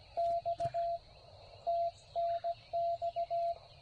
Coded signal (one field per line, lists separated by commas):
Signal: Morse code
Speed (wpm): 18 wpm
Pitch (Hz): 680 Hz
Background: radio noise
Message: X TNX